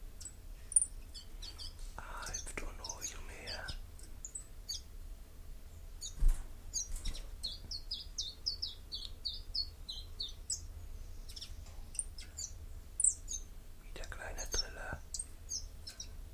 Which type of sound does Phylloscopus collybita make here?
song